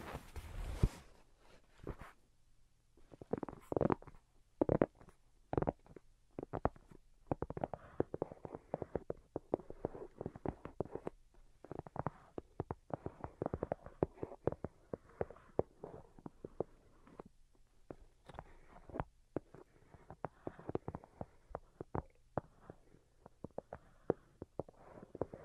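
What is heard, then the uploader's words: Delicate tapping comes in quick, uneven clusters of light clicks, sparse at first and then nearly continuous from about seven seconds on. The taps are soft and mid-pitched, with a few sharper, brighter ones near the start. A faint low hum sits underneath. Most Delicate and Calming Tapping. (No Talking).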